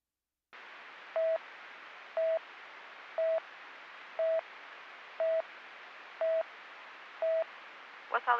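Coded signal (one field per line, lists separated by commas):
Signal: none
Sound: radio channel beeps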